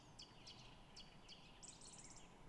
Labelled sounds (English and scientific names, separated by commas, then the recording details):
Song Thrush (Turdus philomelos)
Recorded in Germany
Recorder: ecoPi